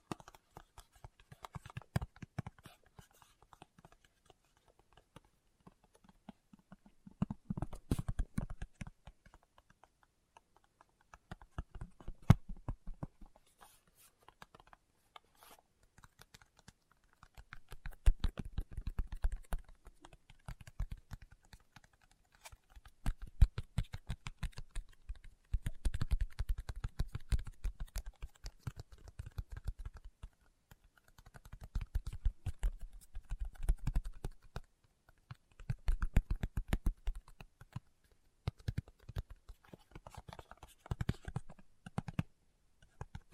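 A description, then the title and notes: Fingertips tap in quick, uneven bursts, each a flurry of dry clicks with a soft low thump beneath. The runs come every few seconds, separated by brief near-silent pauses, and the busiest stretches fall around the middle and toward the end. ASMR Tapping with Fingertips (No Talking).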